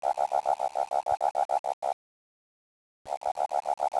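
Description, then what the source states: Odontophrynus occidentalis advertisement call: a rapid train of short pulses, broken by a silence of about a second before the pulses resume. Advertisement call; title gives 17.5 °C.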